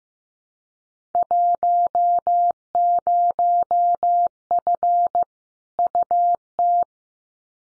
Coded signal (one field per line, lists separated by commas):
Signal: Morse code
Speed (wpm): 15 wpm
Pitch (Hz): 700 Hz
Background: none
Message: 10F UT